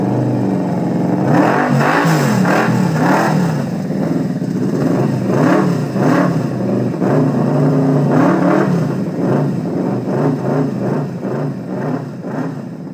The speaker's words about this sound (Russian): Кит явно не горел желанием оставаться, и когда Рейнер газанул на пробу, он заскочил на машину.